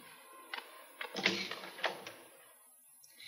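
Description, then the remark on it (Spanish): A door is unlocked and opened: a short run of sharp metallic clicks and clunks, with a louder rattling clatter in the middle, then a quiet, steady hiss as it settles. “Abre la puerta.”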